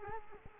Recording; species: mosquito wingbeat signal from an infrared sensor; Culex quinquefasciatus